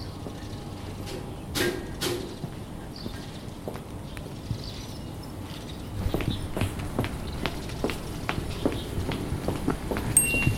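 A field recording in a busy city street, with a steady low rumble of traffic and voices underneath. Sharp knocks and clatters stand out near the start, then a run of quick, regular taps like footsteps or hooves sets in from about six seconds on.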